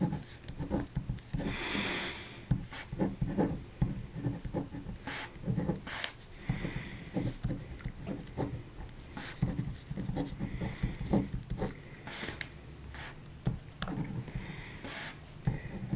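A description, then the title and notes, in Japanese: Someone munches crunchy sweet potato sticks while copying out several poems. Crisp, irregular crunches and short clicks come in dense clusters the whole time, mixed with scratchy writing strokes and occasional breaths, over a steady low hum. 芋けんぴを食べつつ、「詩のレッスン」から詩数篇を書き写す音。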